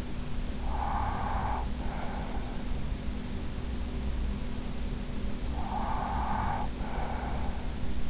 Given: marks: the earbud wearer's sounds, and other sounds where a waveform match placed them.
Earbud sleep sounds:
sounds in sleep by an in-ear microphone; breath
0.43-2.69 s: breath
5.09-8.09 s: breath

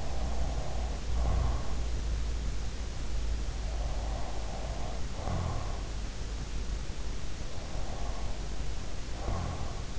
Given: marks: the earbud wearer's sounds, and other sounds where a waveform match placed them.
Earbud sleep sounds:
sounds in sleep by an in-ear microphone; breath
0.00-2.13 s: breath
3.67-5.72 s: breath
7.78-9.85 s: breath

